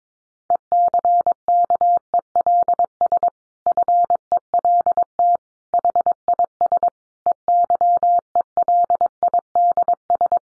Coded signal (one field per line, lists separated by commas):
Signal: Morse code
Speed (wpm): 22 wpm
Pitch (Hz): 700 Hz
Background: none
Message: ECKELS FELT HIS EYELIDS